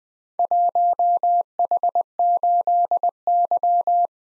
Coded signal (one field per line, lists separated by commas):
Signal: Morse code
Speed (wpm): 20 wpm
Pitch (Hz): 700 Hz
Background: none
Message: 1H8Y